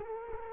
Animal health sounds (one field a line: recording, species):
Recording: mosquito wingbeat signal from an infrared sensor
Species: Culex quinquefasciatus